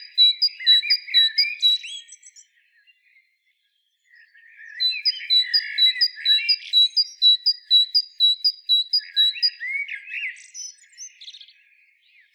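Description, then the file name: Great tit giving rapid, evenly spaced high notes in two long series, mixed with buzzy chattering and twitters; a brief lull separates the runs. "Parus major"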